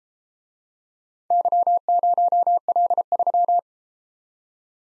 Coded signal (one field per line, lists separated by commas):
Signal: Morse code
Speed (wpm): 31 wpm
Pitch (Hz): 700 Hz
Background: none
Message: Y0L3